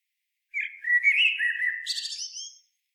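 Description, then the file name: Common blackbird delivering a single phrase: a smooth, flowing flute-like warble that ends in a brief scratchy, high-pitched twitter. "Turdus merula"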